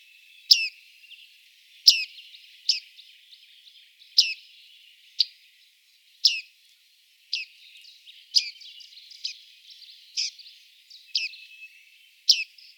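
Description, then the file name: Bearded reedling ping calls: sharp, metallic falling notes repeated about once a second, with soft chattering and ticking between them. "Bartmeise"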